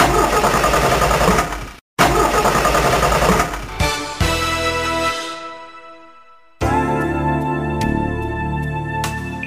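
A car engine that needs new spark plugs sputters and cuts out, catches again, then winds down and dies before lurching back into a rough, uneven run. There is no talking.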